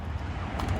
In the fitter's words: close it, just make sure it clicks both ways, here